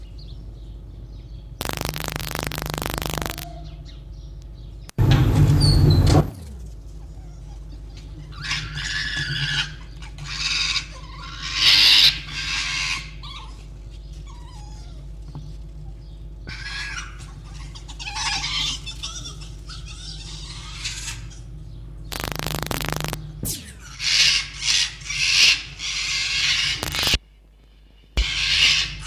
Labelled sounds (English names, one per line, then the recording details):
Red Fox
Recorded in captivity
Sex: group
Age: adult
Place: Zoologisches Institut der HUB, Berlin, DE
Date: 1956-02-20
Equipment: Elmetra
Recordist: Tembrock, Günter